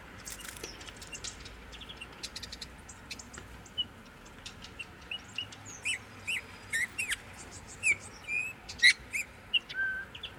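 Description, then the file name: Eurasian bullfinch calls: soft whistled notes, clustered in the second half, among busy high ticking and chirping. "Pyrrhula pyrrhula"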